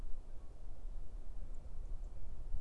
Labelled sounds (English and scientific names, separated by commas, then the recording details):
Song Thrush (Turdus philomelos)
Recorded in Germany
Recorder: ecoPi